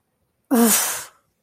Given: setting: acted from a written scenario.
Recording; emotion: vocal sound without words; anger